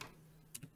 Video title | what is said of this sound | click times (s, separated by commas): Laptop scherm vervangen! | klikken we die heel voorzichtig vast. Normaal horen jullie wel klikjes. | 0.5 s